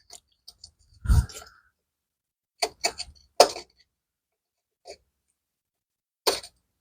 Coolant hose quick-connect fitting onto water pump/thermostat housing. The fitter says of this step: when it goes in you can hear the click